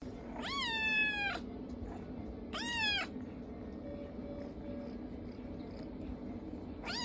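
Cat: kitten meowing: two drawn-out meows about two seconds apart, with a third starting at the end, over a steady low background hum.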